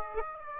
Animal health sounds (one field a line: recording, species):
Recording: mosquito wingbeat signal from an infrared sensor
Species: Aedes aegypti